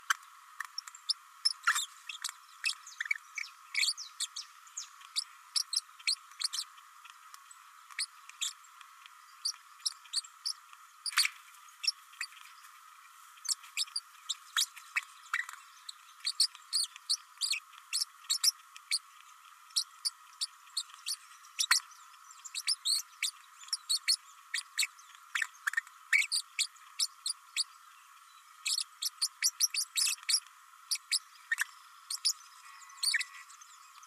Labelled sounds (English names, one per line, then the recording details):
Green-rumped Parrotlet babbling
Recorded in a nest box in Venezuela
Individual 18B104A3